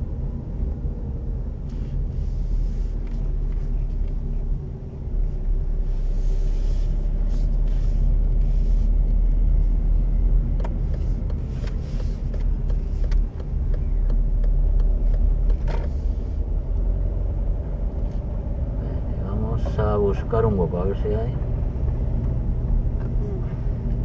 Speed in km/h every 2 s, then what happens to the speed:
20, 18, 16, 19, 20, 21, 18, 21, 24, 27, 30, 30.
0-13 steady at about 19. 13-19 speeds up to 30.